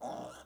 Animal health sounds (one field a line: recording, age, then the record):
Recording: pig call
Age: piglet (1 to 25 days)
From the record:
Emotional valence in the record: negative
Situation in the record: restrain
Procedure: sham castration, cut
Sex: male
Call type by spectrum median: low-frequency call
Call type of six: mixed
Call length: 0.46 s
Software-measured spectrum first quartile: 540 Hz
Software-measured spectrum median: 739 Hz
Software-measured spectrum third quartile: 1273 Hz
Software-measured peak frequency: 715 Hz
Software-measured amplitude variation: 103 dB a second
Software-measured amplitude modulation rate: 23.0 a second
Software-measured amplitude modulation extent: 4.5 dB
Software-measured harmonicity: 2.0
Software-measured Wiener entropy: -0.62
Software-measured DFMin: 733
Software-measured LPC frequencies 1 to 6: 705, 1356, 3441, 5524, 6063, 7558 Hz